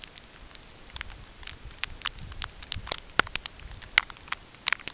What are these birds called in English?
none